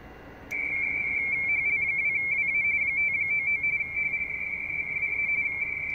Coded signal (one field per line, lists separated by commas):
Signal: RTTY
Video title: YJΦGC, Vanuatu Is. Pacific Ocean, 18MHz, RTTY, Worked by HL2WA